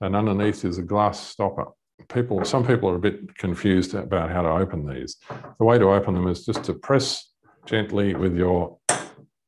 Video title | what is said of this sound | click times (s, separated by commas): Top Barossa Valley Wines | with your thumb until you hear it pop and that releases it up she comes | 8.9 s